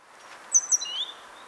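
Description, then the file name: Great tit call: two short, very high thin notes followed by a lower slurred note, over a soft background hiss. "Parus major"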